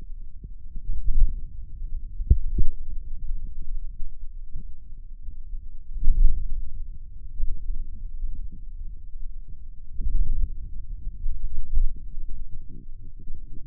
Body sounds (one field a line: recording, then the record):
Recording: forearm muscle sounds (acoustic myography)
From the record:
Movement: hand closing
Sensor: system 2, bracelet of six BSWA MPA416 microphones around the upper forearm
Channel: 4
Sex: male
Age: 22 years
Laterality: right